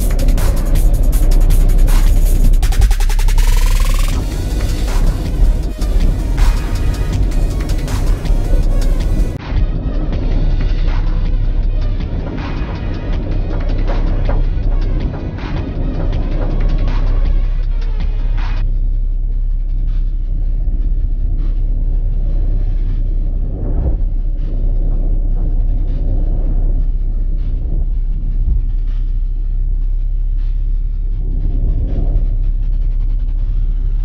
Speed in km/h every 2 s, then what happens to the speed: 26, 27, 27, 26, 26, 26, 27, 27, 27, 27, 27, 26, 26, 26, 27, 27, 27.
0-34 steady at about 27.